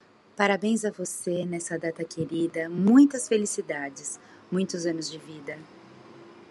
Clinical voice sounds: short text; Brazilian Portuguese; female; 50 to 59 years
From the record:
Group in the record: control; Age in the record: 54 years

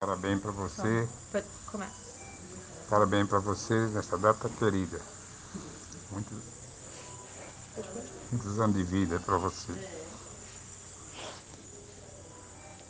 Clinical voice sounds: spoken sentence; Brazilian Portuguese; male; 60 to 69 years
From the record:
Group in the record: respiratory insufficiency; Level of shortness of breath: 5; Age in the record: 64 years

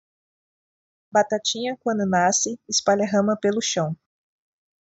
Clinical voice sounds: short text; Brazilian Portuguese; female; 20 to 29 years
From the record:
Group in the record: control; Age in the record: 28 years

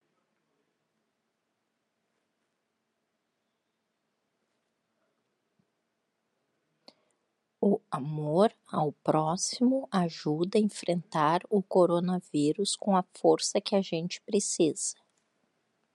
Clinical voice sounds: spoken sentence; Brazilian Portuguese; female; 50 to 59 years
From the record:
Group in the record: control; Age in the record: 50 years

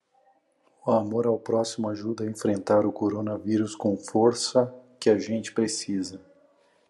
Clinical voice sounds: spoken sentence; Brazilian Portuguese; male; 40 to 49 years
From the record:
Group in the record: control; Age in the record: 41 years

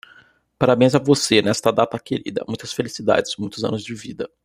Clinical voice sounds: short text; Brazilian Portuguese; male; 20 to 29 years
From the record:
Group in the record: control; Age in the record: 23 years

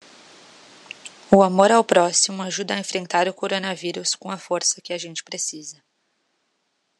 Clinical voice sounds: spoken sentence; Brazilian Portuguese; female; 20 to 29 years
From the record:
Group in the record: control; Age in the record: 20 years

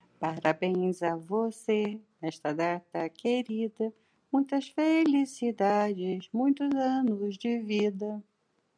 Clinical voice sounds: short text; Brazilian Portuguese; female; 60 to 69 years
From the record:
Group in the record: control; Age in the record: 66 years

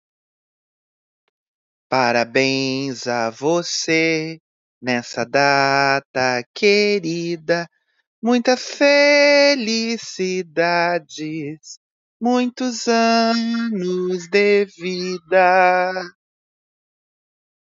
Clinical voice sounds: short text; Brazilian Portuguese; male; 40 to 49 years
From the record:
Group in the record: control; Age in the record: 45 years

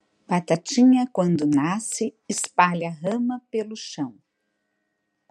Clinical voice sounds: short text; Brazilian Portuguese; female; 50 to 59 years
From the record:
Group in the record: control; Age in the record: 56 years

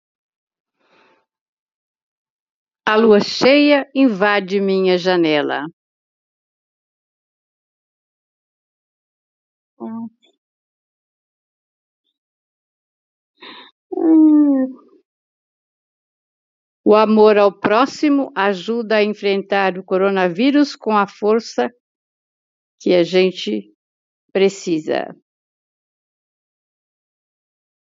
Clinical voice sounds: spoken sentence; Brazilian Portuguese; female; 70 to 79 years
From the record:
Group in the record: control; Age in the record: 75 years

